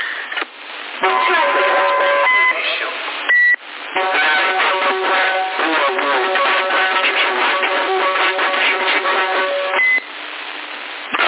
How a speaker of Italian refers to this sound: C'è un effetto riverbero.